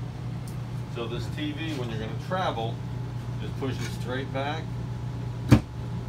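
In a 2021 Grand Design Imagine XLS 17MKE RV, a swing-out TV is pushed straight back so its mount snaps into its wall travel latch for travel, while someone talks over a steady low hum. A single sharp snap is heard at 5.5 s, and the mount is seated in the travel lock.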